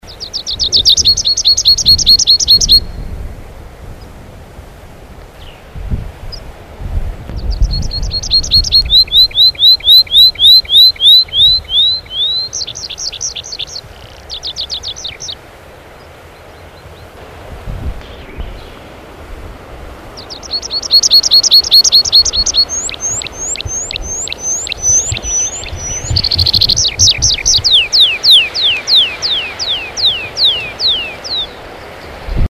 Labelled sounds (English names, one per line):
Tree Pipit song